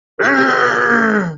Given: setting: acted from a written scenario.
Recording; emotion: vocal sound without words; anger